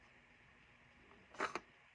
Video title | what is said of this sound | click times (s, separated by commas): KR sabers DV6 install with proffie 3.9 | and then just click it in and you'll hear and feel a click and then we'll screw on this | 1.6 s